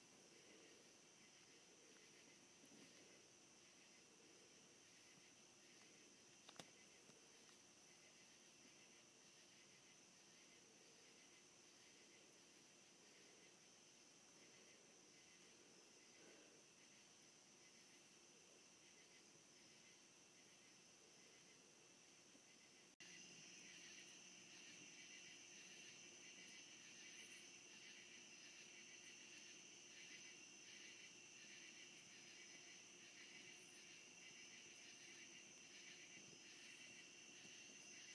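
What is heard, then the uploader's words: Crickets chirp in a continuous, even trill, a thin high ringing that holds steady throughout with a faint low hum underneath. A sharp click comes near the seventh second, and at about twenty-three seconds the chorus abruptly becomes louder and brighter. ASMR Cricket Chirps.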